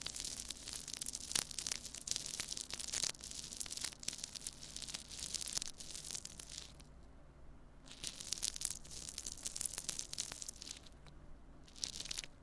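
Tingling triggers on a tiny microphone: dense, crisp scratching and crackling rubs right against the mic, peppered with sharp clicks. The rubbing runs in bursts, easing briefly around seven and eleven seconds, over a faint steady low hum.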